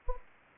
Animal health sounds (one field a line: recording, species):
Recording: mosquito wingbeat signal from an infrared sensor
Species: Anopheles gambiae